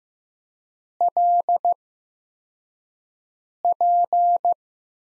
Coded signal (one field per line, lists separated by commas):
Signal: Morse code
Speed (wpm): 15 wpm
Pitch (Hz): 700 Hz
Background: none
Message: LP